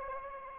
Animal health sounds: mosquito wingbeat signal from an infrared sensor; Anopheles gambiae

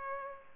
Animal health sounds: mosquito wingbeat signal from an infrared sensor; Culex pipiens

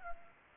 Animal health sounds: mosquito wingbeat signal from an infrared sensor; Culex pipiens

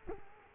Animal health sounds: mosquito wingbeat signal from an infrared sensor; Culex quinquefasciatus

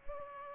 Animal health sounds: mosquito wingbeat signal from an infrared sensor; Culex pipiens

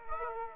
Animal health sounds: mosquito wingbeat signal from an infrared sensor; Aedes aegypti

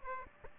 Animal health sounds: mosquito wingbeat signal from an infrared sensor; Aedes aegypti

